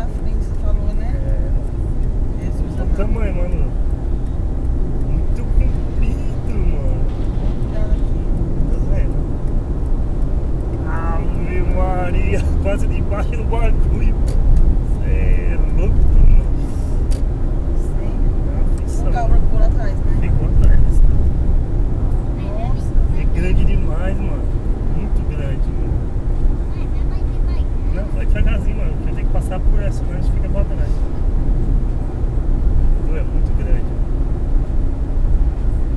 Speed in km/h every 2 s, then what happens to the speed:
94, 98, 102, 105, 107, 109, 109, 111, 111, 111, 111, 111, 110, 110, 109, 108, 108, 108.
0-14 speeds up to 111. 14-36 steady at about 110.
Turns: none.